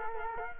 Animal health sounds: mosquito wingbeat signal from an infrared sensor; Culex quinquefasciatus

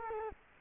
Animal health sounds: mosquito wingbeat signal from an infrared sensor; Culex quinquefasciatus

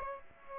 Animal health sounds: mosquito wingbeat signal from an infrared sensor; Aedes aegypti

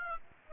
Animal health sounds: mosquito wingbeat signal from an infrared sensor; Aedes aegypti

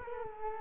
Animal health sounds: mosquito wingbeat signal from an infrared sensor; Culex quinquefasciatus

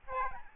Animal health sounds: mosquito wingbeat signal from an infrared sensor; Aedes albopictus

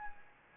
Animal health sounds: mosquito wingbeat signal from an infrared sensor; Anopheles gambiae

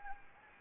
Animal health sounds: mosquito wingbeat signal from an infrared sensor; Anopheles gambiae

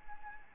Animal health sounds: mosquito wingbeat signal from an infrared sensor; Anopheles arabiensis

